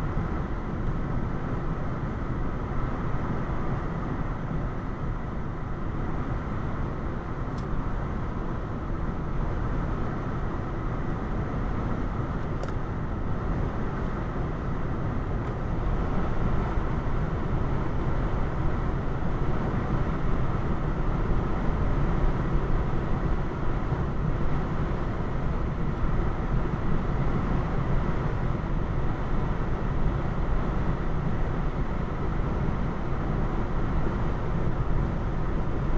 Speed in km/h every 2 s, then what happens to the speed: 98, 98, 95, 93, 93, 93, 93, 95, 95, 95, 95, 97, 98, 98, 97, 95, 95, 95.
0-36 steady at about 95.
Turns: none.